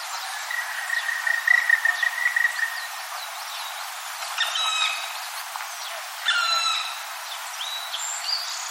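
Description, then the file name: Black woodpecker: a long even whistled note, then two ringing, slightly falling calls about two seconds apart, with faint chirps in the background. "kumagera"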